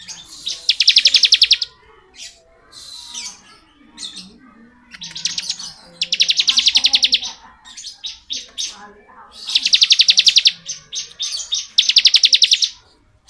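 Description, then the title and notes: Bar-winged prinia repeating intense buzzy trills, each about a second, interspersed with softer scattered chirps and notes. Bar-winged prinia in the ngebren song style; recording used as tutor (masteran) audio for training white-rumped shamas (murai batu). "Ciblek Ngebren Untuk Masteran Murai Batu. Suara burung ciblek - Suara Nada"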